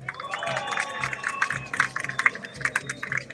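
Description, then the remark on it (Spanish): A crowd at the FOSPA 2024 march of the peoples for the Amazon applauds to welcome visitors from Ecuador, with dense, crackling clapping that swells and holds for a few seconds over a steady, rhythmic low thumping and a few faint high tones. “Recibimos con un fuerte aplauso también a nuestros hermanos del Ecuador.”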